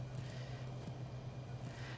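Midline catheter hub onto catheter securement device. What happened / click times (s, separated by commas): The plastic hub is lined up but not yet clicked in / none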